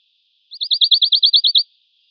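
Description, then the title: Western Bonelli's warbler giving one quick, level trill of roughly ten clipped notes, high-pitched and evenly spaced. "Sylvain Jaskowiak - Mes piafs. Pouillot de bonelli (chant)"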